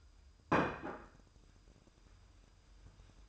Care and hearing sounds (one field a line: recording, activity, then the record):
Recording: daily activity, microphone in the room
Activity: place plate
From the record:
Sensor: 2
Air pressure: 988.5 hPa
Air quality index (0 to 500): 192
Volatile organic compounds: 191 ppm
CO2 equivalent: 4184 ppm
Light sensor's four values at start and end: 19/65/25/24 and 19/65/25/24